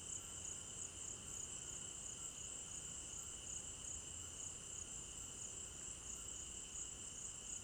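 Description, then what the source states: Cricket chorus of steady high trilling, dense and unbroken, with no pauses. Crickets recorded at night in an African village garden; stereo binaural recording.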